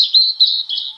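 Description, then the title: Blue-and-white flycatcher song: a short, high, slightly buzzy sustained trill that wavers in pitch for about a second. Recorded at Kirifuri Highlands, Tochigi Prefecture, Japan. "朝の小鳥. 霧降高原（栃木県）のオオルリ"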